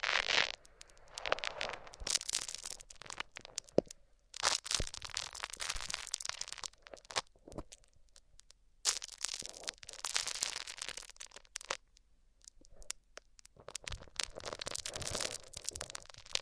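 Microphones rubbed across different surfaces make bursts of bright, dense crackling and crunching scrapes. The rubbing comes in uneven stretches with short silent gaps, roughly at 1.5, 4, 8.5 and 12 seconds. Sharp clicks and pops break through the steady scratching throughout.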